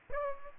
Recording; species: mosquito wingbeat signal from an infrared sensor; Aedes aegypti